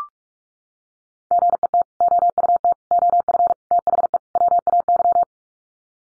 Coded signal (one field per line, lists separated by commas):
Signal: Morse code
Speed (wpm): 44 wpm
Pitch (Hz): 700 Hz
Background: none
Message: GET OUT OF THE WAY